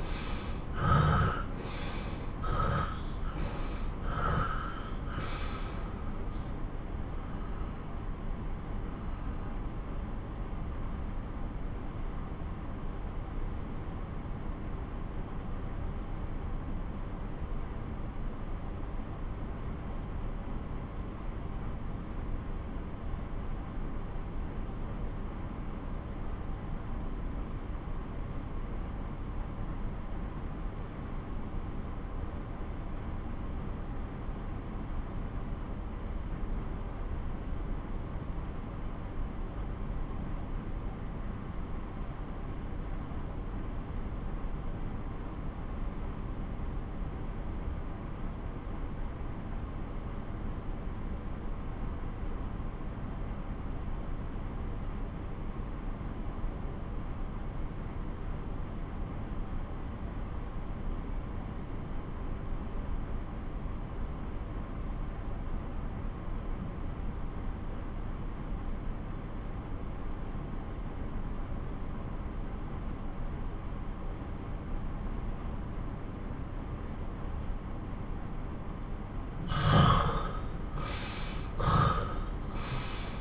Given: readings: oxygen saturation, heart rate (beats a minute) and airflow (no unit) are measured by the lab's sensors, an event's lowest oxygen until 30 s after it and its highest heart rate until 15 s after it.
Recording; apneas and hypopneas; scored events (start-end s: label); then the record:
breathing in sleep by a smartphone at the bedside; 1
9.00-79.00 s: obstructive apnea (REM, oxygen 86% highest, then 60% lowest)
From the record:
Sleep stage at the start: REM sleep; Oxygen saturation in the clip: 62 to 86%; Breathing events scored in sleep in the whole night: 217 in 6.3 hours asleep